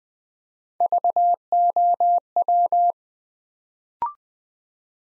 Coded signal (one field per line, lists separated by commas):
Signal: Morse code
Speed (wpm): 20 wpm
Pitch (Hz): 700 Hz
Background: none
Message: VOW